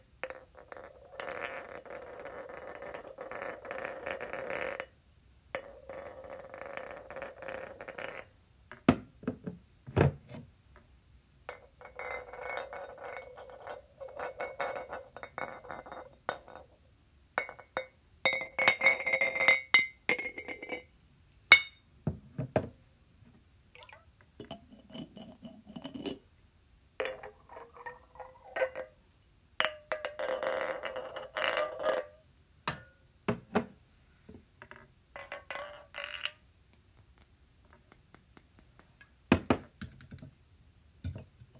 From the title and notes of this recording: 𝑔𝑙𝑎𝑠𝑠 𝐴𝑆𝑀𝑅 ( 𝑛𝑜 𝑡𝑎𝑙𝑘𝑖𝑛𝑔 ). 𝑔𝑙𝑎𝑠𝑠 𝑎𝑠𝑚𝑟 ・ 𝑡𝑎𝑝𝑝𝑖𝑛𝑔 ・ 𝑠𝑐𝑟𝑎𝑡𝑐ℎ𝑖𝑛𝑔 ・ 𝑙𝑜𝑓𝑖 𝑔𝑙𝑎𝑠𝑠 𝑠𝑜𝑢𝑛𝑑𝑠.